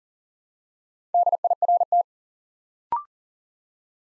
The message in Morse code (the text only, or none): DIRT